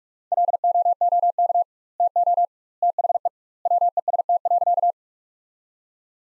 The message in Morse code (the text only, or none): LOOK TO THE WEST.